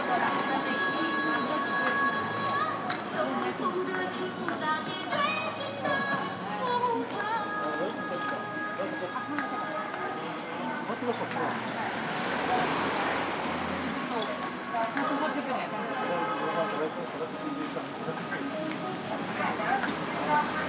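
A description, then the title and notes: A street walk with steady chatter, passing traffic, and scattered clatter and tones, busy and dense throughout with no pause. This walk starts down Jiang Ning Lu and finally begins at An Yuan Lu toward the middle of the track. This part of Shanghai has seen quite a bit of change and is now quite modern.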